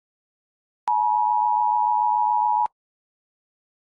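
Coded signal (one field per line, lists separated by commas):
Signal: Emergency Alert System (SAME) tones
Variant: 853 and 960 Hz attention tone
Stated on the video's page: Simulated EAS alert, a fictional earthquake scenario.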